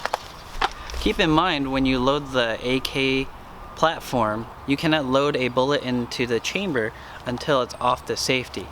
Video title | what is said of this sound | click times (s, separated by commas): Intro to the AK platform, reloading and clearing malfunctions | and it locks into place | 0.0 s, 0.1 s